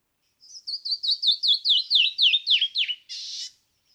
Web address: birdsongforthecurious songs Canyon wren